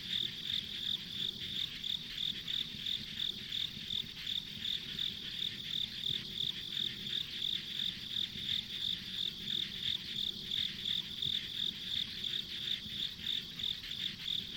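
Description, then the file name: Continuous insect calling, shrill chirps repeated roughly three times each second without pause, against a steady droning chorus. Ambient insect sounds along a rural country road. "田舎道の虫の環境音"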